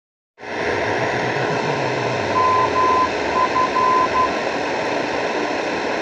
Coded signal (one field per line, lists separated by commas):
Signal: Morse code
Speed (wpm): 12 wpm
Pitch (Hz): 1020 Hz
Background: none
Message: MF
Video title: Weird radio sounds:2